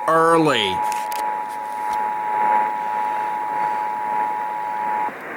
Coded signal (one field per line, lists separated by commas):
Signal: Emergency Alert System (SAME) tones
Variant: 853 and 960 Hz attention tone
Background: speech